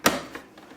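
An embroidery hoop is slid under the presser foot and clipped back onto the carriage of the embroidery unit on a Brother SE 625 embroidery machine. A sharp click is heard at 0.1 s, followed by fainter taps, and the hoop is confirmed seated in place.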